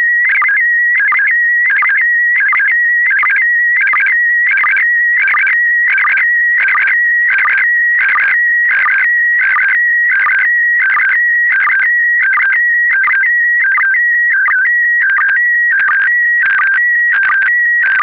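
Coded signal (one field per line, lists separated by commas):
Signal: SSTV (slow-scan television)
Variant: PD90 mode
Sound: steady whistling tone broken by regular chirpy warbles, about one and a half per second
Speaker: verder is het morsen en essence te ver afbeelding en p de 90 we blijven met de ss tv-beelden voor nu even bij de vintage apparatuur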